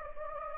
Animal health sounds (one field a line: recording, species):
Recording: mosquito wingbeat signal from an infrared sensor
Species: Anopheles gambiae